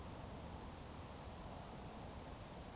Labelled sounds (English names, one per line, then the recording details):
Eurasian Woodcock whistle
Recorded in Baden-Württemberg, Germany, on 19 May 2020 at 20:03 UTC
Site 31917, 145 m above sea level